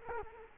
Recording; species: mosquito wingbeat signal from an infrared sensor; Culex quinquefasciatus